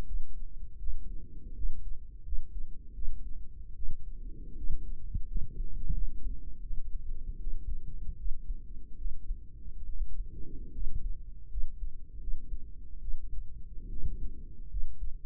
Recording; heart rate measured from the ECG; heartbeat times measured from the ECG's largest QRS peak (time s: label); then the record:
heart sounds by microphone in the right ear; 78 bpm
0.06 s: heartbeat
0.79 s: heartbeat
1.55 s: heartbeat
2.24 s: heartbeat
2.94 s: heartbeat
3.75 s: heartbeat
4.55 s: heartbeat
5.26 s: heartbeat
5.93 s: heartbeat
6.62 s: heartbeat
7.38 s: heartbeat
8.16 s: heartbeat
8.96 s: heartbeat
9.85 s: heartbeat
10.71 s: heartbeat
11.48 s: heartbeat
12.18 s: heartbeat
12.99 s: heartbeat
13.88 s: heartbeat
14.68 s: heartbeat
From the record:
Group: healthy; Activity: rest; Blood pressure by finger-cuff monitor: 118/71 mmHg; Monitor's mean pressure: 83 mmHg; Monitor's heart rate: 77 bpm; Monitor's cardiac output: 6.6 L/min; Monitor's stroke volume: 81 mL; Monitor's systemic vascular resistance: 940 dyn s/cm5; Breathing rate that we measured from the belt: 19 breaths a minute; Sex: female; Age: 23 years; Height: 160 cm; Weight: 50.4 kg